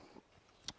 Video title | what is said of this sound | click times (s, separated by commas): Hitbox welder! #amazonfinds #amazonmusthaves #welder #tigwelding | And like you say, you just kind of plug those in right here, positive and negative, and they kind of turn and lock into place. | 0.7 s